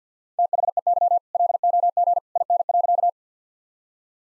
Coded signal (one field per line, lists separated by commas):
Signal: Morse code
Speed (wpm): 50 wpm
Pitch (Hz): 700 Hz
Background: none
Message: THEY LOG IN.